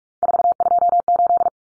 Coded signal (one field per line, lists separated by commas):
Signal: Morse code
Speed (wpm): 44 wpm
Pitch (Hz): 700 Hz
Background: none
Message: 428